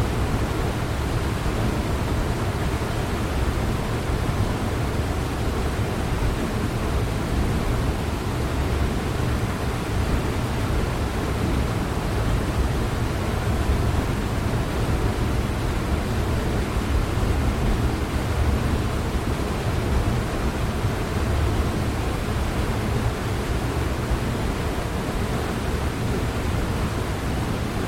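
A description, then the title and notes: A waterfall pours steadily in a rainforest, a dense, unbroken rush that holds the same level for the whole stretch. The roar is heaviest in the low, deep range, with a softer hiss spread above it, and no separate events stand out. Flowing Hawaiian Waterfall: Relaxing Nature Sounds. The sound of a flowing waterfall in the Hawaiian rainforest.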